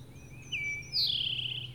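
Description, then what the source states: Single towhee phrase: a short whistled note followed by a buzzy, gradually falling trill, against a low steady hum. Singing in spring, recorded March 31, 2012.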